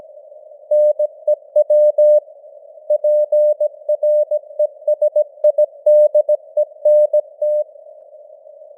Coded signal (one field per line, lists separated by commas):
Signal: Morse code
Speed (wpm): 17 wpm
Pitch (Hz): 600 Hz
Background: none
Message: NEW PRESIDENT